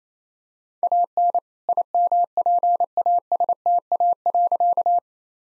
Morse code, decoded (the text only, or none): AN IMPASTA.